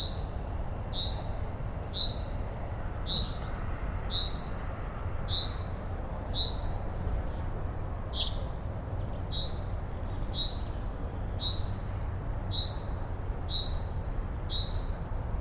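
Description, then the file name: Common Chaffinch delivering a long series of brief upslurred whistles, nearly one a second, with one lower note midway and a persistent low hum. "Fringilla coelebs"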